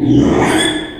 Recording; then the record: squeal of a Yucatan mini pig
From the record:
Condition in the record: after surgery on the right vocal fold (resection and tissue-engineered implant); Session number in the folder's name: 3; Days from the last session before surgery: 33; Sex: male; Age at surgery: 12 weeks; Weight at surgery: 13 kg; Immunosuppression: cyclosporine, prednisolone